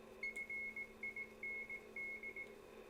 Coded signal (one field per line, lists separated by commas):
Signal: Morse code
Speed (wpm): 18 wpm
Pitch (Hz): 2150 Hz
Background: none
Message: FIND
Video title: QRP CW MFJ-9200 Pocket Transceiver